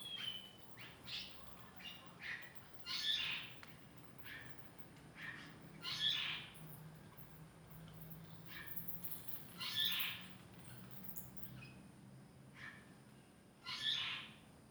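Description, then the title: Bat calls in short, sharp, scratchy squeaks and chitters, repeated irregularly every few seconds, over a steady background hiss. Bats recorded in Puli, Taiwan, using a Zoom H2n recorder in XY and mid-side stereo. "參贊堂,Puli,Taiwan - Bats sound"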